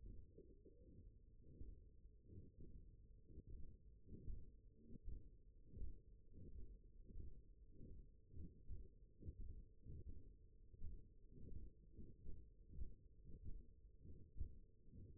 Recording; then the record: forearm muscle sounds (acoustic myography)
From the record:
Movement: hand opening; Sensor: system 1, eight BSWA MPA416 microphones around the upper forearm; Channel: 3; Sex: male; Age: 21 years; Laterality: right